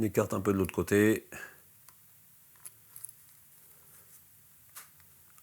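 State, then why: Not seated. Someone talks briefly as a wheel axle is fitted to the chassis of a Jouef 150X HO model locomotive: one side goes into its groove and the other side is spread slightly so it can snap in. Only faint, light handling taps follow in a quiet room, and nothing has seated or clicked yet.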